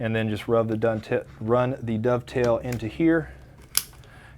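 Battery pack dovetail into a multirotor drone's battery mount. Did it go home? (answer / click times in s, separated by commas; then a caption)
yes / 3.8 s. Someone talks while a multirotor drone's battery pack is slid by its dovetail into the battery mount on the airframe, with the mount's lever left loose. A sharp click at 3.8 s is the spring safety pin snapping into place, seating the pack so it can't slide off the back of the craft if the lever fails.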